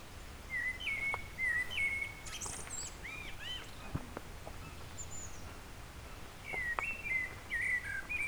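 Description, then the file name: Eurasian blackbird song: mellow fluted warbling phrases, a pair early on and another near the end, with brief high chirps in between. "Turdus merula"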